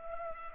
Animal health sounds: mosquito wingbeat signal from an infrared sensor; Culex pipiens

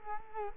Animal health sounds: mosquito wingbeat signal from an infrared sensor; Culex quinquefasciatus

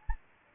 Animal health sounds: mosquito wingbeat signal from an infrared sensor; Anopheles gambiae

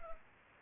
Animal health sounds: mosquito wingbeat signal from an infrared sensor; Culex pipiens

